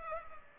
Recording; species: mosquito wingbeat signal from an infrared sensor; Culex pipiens